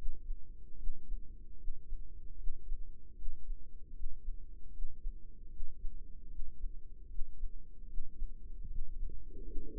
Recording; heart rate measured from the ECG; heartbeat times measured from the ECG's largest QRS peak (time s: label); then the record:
heart sounds by microphone in the right ear; 76 bpm
0.72 s: heartbeat
1.53 s: heartbeat
2.33 s: heartbeat
3.11 s: heartbeat
3.89 s: heartbeat
4.67 s: heartbeat
5.46 s: heartbeat
6.25 s: heartbeat
7.04 s: heartbeat
7.83 s: heartbeat
8.63 s: heartbeat
9.38 s: heartbeat
From the record:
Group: healthy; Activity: breath hold 0-8 s, rest 8-10 s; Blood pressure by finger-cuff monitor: 105/66 mmHg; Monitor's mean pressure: 77 mmHg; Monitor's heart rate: 74 bpm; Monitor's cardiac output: 6 L/min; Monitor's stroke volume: 82 mL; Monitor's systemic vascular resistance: 940 dyn s/cm5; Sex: female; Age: 22 years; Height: 171 cm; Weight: 65.6 kg